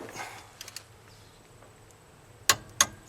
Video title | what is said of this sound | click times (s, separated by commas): Heli4213,Toyota 4Runner Rear Brake Pads | There's that one. I think the camera may have heard that click. | 2.5 s